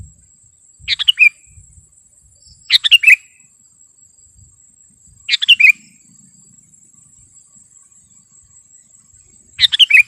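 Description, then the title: Sooty-headed bulbul song, lively bubbly phrases of several quick notes repeated four times at uneven intervals, with a steady insect whine in the background. "kutilang"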